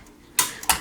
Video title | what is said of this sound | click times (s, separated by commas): Firemaple Sunflower 2 in 1 Stove & Heater Combo Very cool! | just snaps into place | 0.4 s, 0.7 s